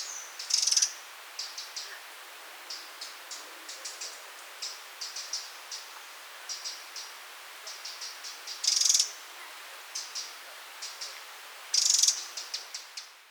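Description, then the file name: Eurasian wren alternating three short dry rattles with runs of quick, sharp tick notes between them. "Troglodytes troglodytes"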